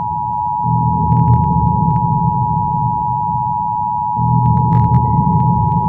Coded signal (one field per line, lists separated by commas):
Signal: Emergency Alert System (SAME) tones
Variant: 853 and 960 Hz attention tone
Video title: eas scenario catemojibabyheat part 21